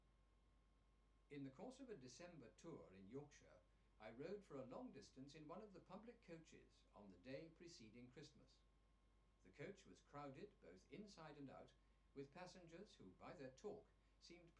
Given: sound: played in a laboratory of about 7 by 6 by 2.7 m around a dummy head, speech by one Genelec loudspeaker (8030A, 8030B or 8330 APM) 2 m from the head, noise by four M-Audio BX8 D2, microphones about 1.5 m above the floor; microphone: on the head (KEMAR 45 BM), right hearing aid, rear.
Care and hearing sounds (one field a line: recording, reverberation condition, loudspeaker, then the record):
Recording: male speech in English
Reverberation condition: low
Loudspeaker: in front (0 degrees)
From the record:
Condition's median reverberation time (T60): about 310 ms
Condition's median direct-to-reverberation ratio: about 3.5 dB